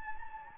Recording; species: mosquito wingbeat signal from an infrared sensor; Anopheles gambiae